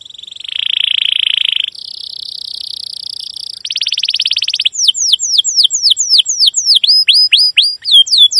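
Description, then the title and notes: Domestic canary song: long buzzy rolls at differing pitches give way to rapid repeated downward-curved chirps and whistles. Domestic canary with long, continuous chirping song used as a lure and master song for teaching young canaries to sing. "CUIT CUIT NGEROL LANGSUNG GACOR PANJANG Kenari Ini AMPUH Utk Pancingan KENAR ( 2). PANCINGAN Kenari GACOR PANJANG Cuit CUIT EMOSI ini AMPUH utk MASTERAN Kenari PAUD belajar BUNYI. burung kenari"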